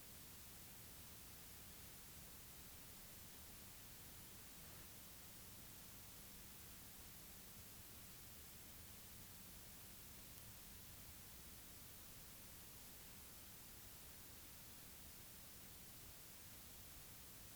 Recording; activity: daily activity, guitar pickup as the sensor; stand